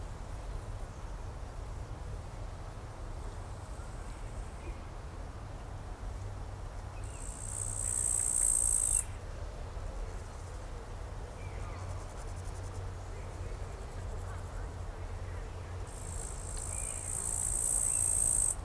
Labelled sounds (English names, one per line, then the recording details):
Upland Green Bush-cricket stridulation
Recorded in the wild
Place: Eutin, Holsteinische Schweiz, Schleswig-Holstein, DE
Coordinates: 54.132, 10.614
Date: 1992-09-12 13:10
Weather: 14-20°C
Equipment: Marantz CP 430, Sennheiser ME 80, Kopie Tesla B 116
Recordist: Tembrock, Günter
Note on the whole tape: Am Eutiner See; Stridulation